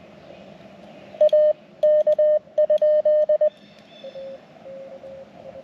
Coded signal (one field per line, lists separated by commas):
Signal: Morse code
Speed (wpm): 20 wpm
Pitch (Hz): 610 Hz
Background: none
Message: AK?